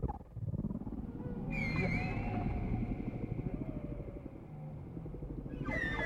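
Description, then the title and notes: Whale song: high whistled wavering tones near the top alternating with lower drawn-out moans over a dense, pulsing low rumble. Whale sounds presented without music. "WHALE SOUNDS, WHITE NOISES. WHALE SOUNDS WITHOUT MUSIC"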